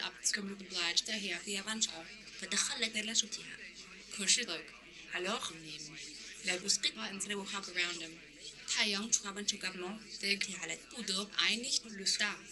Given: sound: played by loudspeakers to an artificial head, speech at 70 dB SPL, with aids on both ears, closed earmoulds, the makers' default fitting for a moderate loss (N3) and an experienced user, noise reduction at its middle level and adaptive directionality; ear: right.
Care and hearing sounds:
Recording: speech test signal (ISTS) in cocktail-party noise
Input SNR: +9 dB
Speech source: in front (0 degrees)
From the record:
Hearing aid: class 1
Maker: H

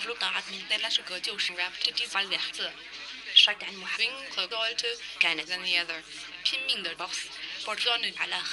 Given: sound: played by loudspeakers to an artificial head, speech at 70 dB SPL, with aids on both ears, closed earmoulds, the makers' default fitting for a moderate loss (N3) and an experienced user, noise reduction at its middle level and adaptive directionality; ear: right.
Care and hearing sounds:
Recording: speech test signal (ISTS) in cocktail-party noise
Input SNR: +6 dB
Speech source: on the right (90 degrees)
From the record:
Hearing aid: class 2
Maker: B

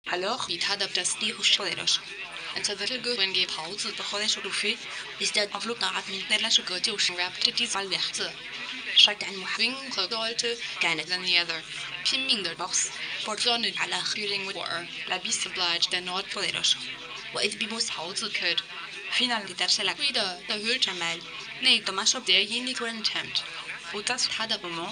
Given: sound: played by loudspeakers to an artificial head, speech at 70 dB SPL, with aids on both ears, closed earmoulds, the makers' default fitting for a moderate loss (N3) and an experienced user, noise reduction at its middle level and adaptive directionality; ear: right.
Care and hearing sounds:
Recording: speech test signal (ISTS) in cocktail-party noise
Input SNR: +9 dB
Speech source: on the right (90 degrees)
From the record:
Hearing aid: class 2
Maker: A

